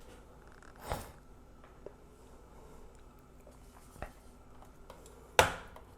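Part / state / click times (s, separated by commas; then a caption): graphics card in motherboard PCIe slot / released / 5.4 s. A large graphics card is pulled out of its motherboard PCIe slot while the slot's plastic retention clip is pressed. After a few soft handling bumps, the clip releases with a sharp, loud click at 5.4 seconds, freeing the card.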